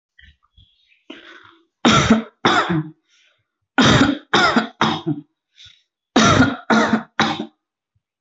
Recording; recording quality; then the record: heavy voluntary cough; excellent, no background noise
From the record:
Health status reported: healthy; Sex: male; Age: 21 years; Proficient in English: yes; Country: India